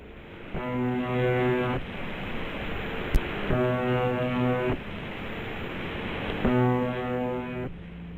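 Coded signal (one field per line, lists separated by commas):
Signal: channel marker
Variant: UVB-76 (The Buzzer)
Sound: three harsh low buzzes, each about a second long, repeating every three seconds over static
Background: radio static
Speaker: For over 50 years, the station has been broadcasting a short, monotonous buzz that plays for 24 hours a day at about 25 tones per minute. This is what it sounds like.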